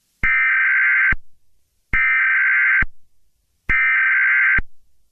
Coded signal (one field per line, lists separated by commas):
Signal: Emergency Alert System (SAME) tones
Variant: header bursts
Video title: Toxic heat - EAS scenario